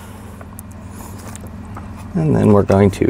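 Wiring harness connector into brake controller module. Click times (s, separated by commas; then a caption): 0.6 s. A plastic wiring harness connector from a wiring kit for 2-, 4-, 6- and 8-brake electric trailer brake controllers is pushed into the brake controller module on a 2011 Ford van. Over a low steady hum, a short sharp snap at 0.6 s marks it seating, with a few fainter ticks around it. Someone talks from about 2.1 s.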